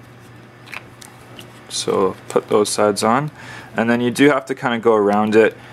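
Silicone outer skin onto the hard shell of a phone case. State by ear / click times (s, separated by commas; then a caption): not seated / none. The soft silicone outer skin of an Otterbox Defender rugged case for a Blackberry Curve 9360 is wrapped around the case's hard plastic shell. Faint rubbing and shuffling sounds with short sharp ticks near 0.8, 1.0 and 1.4 seconds, while someone talks. The skin is only fitted around the shell so far; nothing has locked or clicked into place yet.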